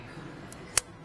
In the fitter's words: push it until it clicks pull on it to make sure it's not going to pop out